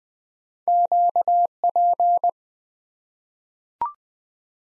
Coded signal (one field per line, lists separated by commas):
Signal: Morse code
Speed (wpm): 20 wpm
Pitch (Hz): 700 Hz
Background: none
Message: QP